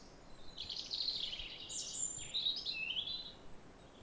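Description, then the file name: European robin song: one continuous rich warble of quick, high, jangling notes lasting about three seconds, shifting in pitch. "Erithacus rubecula"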